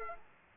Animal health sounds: mosquito wingbeat signal from an infrared sensor; Aedes aegypti

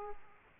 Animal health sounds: mosquito wingbeat signal from an infrared sensor; Aedes aegypti

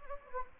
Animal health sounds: mosquito wingbeat signal from an infrared sensor; Anopheles gambiae

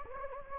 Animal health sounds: mosquito wingbeat signal from an infrared sensor; Anopheles gambiae

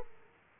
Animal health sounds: mosquito wingbeat signal from an infrared sensor; Aedes aegypti

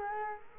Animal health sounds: mosquito wingbeat signal from an infrared sensor; Culex quinquefasciatus

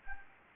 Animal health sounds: mosquito wingbeat signal from an infrared sensor; Anopheles gambiae

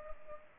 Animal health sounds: mosquito wingbeat signal from an infrared sensor; Culex pipiens

